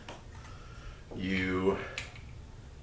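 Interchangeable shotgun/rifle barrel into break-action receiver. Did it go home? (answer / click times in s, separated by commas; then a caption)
yes / 0.1 s. A Rossi Match Pair .22LR/.410 interchangeable barrel is pressed down into the break-action frame with a little force until its round lug locks into the recess. A single sharp tick sounds at 0.1 s as it pops into place, seated. Someone talks afterward.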